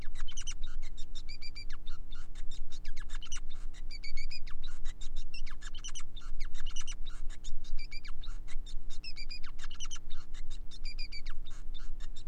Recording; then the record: song of a male Bengalese finch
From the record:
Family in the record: son of father 5